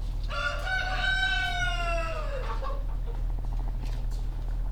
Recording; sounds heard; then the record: poultry house recording; sick chickens (respiratory disease)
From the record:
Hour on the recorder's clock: 17